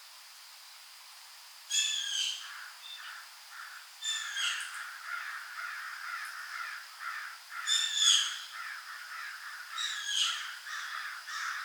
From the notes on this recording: A field recording of the dawn chorus in Wolfville, Nova Scotia, Canada